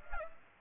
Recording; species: mosquito wingbeat signal from an infrared sensor; Aedes aegypti